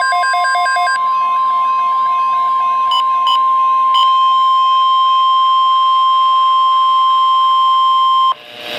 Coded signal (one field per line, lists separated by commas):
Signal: Emergency Alert System (SAME) tones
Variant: 1050 Hz attention tone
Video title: Severe Thunderstorm Watch - 08/06/13 (EAS #508)